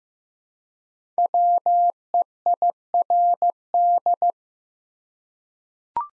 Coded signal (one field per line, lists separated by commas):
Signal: Morse code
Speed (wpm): 15 wpm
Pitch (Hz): 700 Hz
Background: none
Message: WEIRD